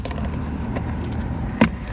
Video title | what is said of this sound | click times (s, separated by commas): Volkswagen Mark 7 Ambient lighting install 2012-2019 | There you go. I heard that little click. | 1.6 s